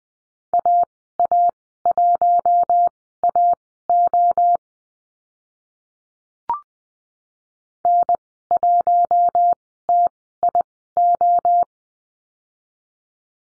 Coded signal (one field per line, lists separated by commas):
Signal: Morse code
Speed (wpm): 20 wpm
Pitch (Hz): 700 Hz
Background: none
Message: AA1AO N1TIO